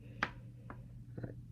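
A leather loop band's lug for an Apple Watch is slid into the watch's band slot on the other side, and it seats with a sharp, solid click at 0.2 s. A softer tap follows at 0.7 s, then two faint clicks around 1.2 s, over a steady low hum.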